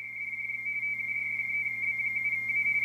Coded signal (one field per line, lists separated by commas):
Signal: RTTY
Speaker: There he goes. 3 Baker 7 Alpha from St. Brandon, 30 meter RTTY.